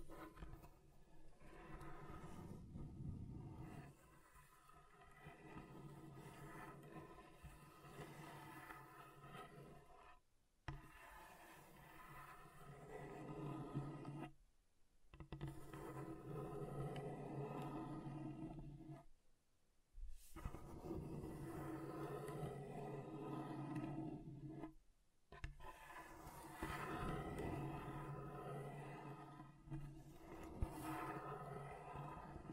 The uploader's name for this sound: Table Scratching Different Surfaces